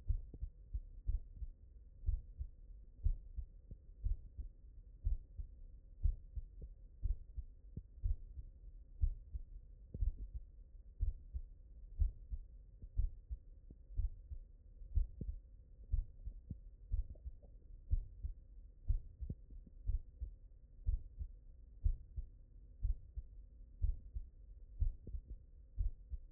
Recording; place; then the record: heart sounds by stethoscope; mitral valve (MV)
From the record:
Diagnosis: non-HFrEF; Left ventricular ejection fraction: 62%